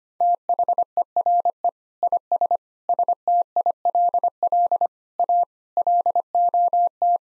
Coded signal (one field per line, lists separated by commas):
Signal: Morse code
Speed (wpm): 25 wpm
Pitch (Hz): 700 Hz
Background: none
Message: THERE IS STILL A LOT